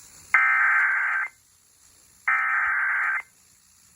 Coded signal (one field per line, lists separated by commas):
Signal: Emergency Alert System (SAME) tones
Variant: header bursts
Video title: EAS #249 Severe Thunderstorm Warning